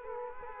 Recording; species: mosquito wingbeat signal from an infrared sensor; Culex quinquefasciatus